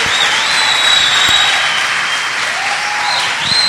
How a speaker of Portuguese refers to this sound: Vamos recebê-lo com uma forte salva de palmas, amém?